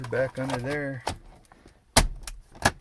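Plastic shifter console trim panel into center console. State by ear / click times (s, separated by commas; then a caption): seated / 2.0 s. After the shifter bolts are refitted on a 2012–2016 Chevrolet Impala/Impala Limited (9th gen) during a key-stuck-in-ignition repair, the plastic shifter console trim panel is put back into the center console and struck firmly so its clips snap home. Someone talks at first, then a sharp snap at 1.9 s marks the panel seating, followed by two more knocks near 2.3 s and 2.7 s. The trim ends up seated back in place.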